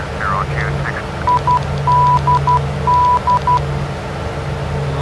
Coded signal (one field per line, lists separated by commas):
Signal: Morse code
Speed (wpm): 12 wpm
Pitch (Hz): 990 Hz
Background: speech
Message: IDD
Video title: Part 4: FSX East Midlands to Jersey